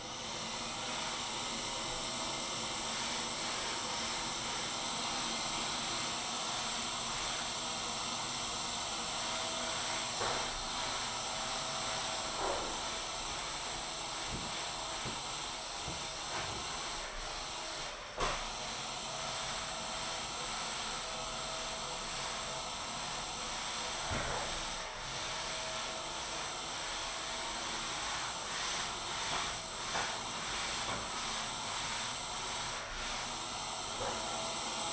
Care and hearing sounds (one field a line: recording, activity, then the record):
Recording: daily activity, microphone in the room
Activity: vacuum cleaning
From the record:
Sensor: 5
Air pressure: 994.5 hPa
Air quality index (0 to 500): 173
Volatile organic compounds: 667 ppm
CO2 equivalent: 5010 ppm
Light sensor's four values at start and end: 9/21/8/9 and 9/21/8/9